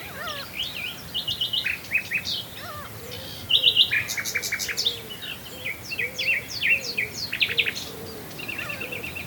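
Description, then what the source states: Common nightingale song, varied phrases of rapid repeated notes and short whistled motifs, changing every second or two. Swale.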